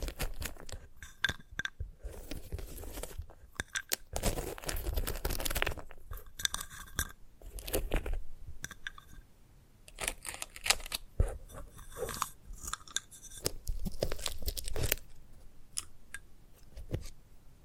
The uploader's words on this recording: ASMR of a Sunflower Head (No Talking).